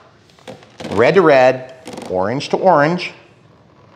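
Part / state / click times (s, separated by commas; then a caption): servo lead plug into extension connector / not seated / none. An aileron servo lead is being joined by hand to its plastic extension connector on an FMS PA-18 RTF 1.3 m model, with the brown, red and orange wires matched. Someone talks throughout, and a few faint handling ticks come between 0.3 and 0.6 s. Nothing has snapped or seated yet.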